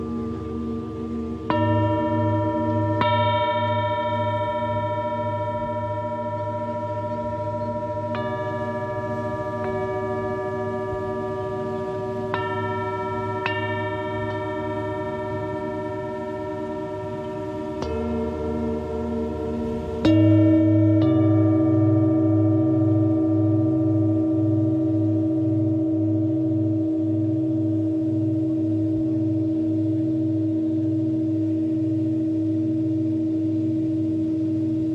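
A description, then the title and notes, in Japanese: Singing bowls ring in long sustained tones with a throbbing low hum, fresh strikes landing every few seconds and a louder one near twenty seconds. メキシコから シンギングボウルのサウンドヒーリング ライブ。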